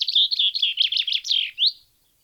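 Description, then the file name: Common chaffinch song, a fast high trill of chirping notes that steps downward in pitch and ends with a quick rising flourish. "Fringilla coelebs"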